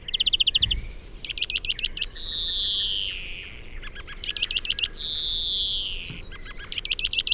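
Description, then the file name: European greenfinch song: rapid chirping trills alternating with two long, buzzy wheezes that slide downward, each lasting about a second. "Chloris chloris"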